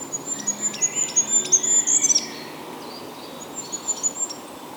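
Goldcrest singing a very high, thin cycle of rapidly repeated notes that rises to a short trilled flourish, then begins again softly.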